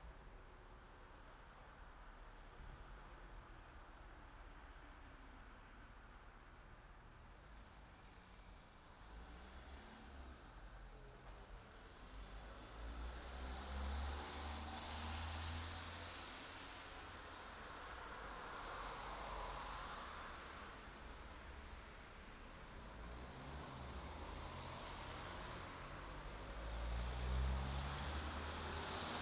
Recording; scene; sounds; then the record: everyday scene through a hearing-aid microphone; in traffic; traffic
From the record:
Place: city secondary road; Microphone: in the ear canal, right